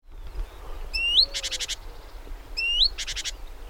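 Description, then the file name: Great tit call, a rising whistled note followed by a quick buzzy rattle of four or five notes, given twice, over a low rumbling background. "Parus major"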